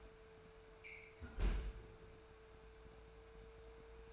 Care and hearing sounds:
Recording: daily activity, microphone in the room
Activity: close fridge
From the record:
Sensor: 2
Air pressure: 1014.8 hPa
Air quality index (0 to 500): 195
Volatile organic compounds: 17 ppm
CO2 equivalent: 2580 ppm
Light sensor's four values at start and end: 15/37/15/17 and 23/58/25/27

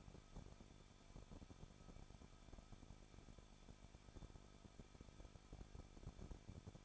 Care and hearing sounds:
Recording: daily activity, microphone in the room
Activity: no activity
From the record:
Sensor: 5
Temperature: 20.8 degrees Celsius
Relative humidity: 38.6%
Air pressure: 1006.5 hPa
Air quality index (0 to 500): 192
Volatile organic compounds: 21 ppm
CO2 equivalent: 2712 ppm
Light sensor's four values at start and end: 2/3/1/1 and 2/3/1/1

